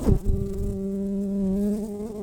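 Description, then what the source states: Brown-banded carder bee buzzing, a steady low hum with a clear tone and stacked overtones, opening with a short rougher burst before settling into an even drone. Worker bumblebees.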